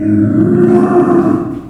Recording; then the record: squeal of a Yucatan mini pig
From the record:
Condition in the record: after surgery on the right vocal fold (resection and tissue-engineered implant); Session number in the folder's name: 4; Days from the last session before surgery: 26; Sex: female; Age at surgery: 19 weeks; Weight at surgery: 25 kg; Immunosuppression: prednisolone